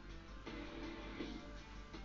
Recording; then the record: background sound without coughing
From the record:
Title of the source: BackgroundMusic